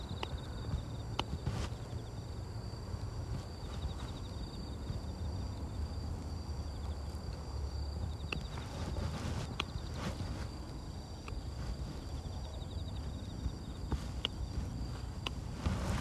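Weeding among carrots at dusk: scattered sharp taps and scrapes land every second or two, clustering around the middle and near the end. Underneath runs a steady low rumble, while a thin, constant high insect-like trill holds throughout.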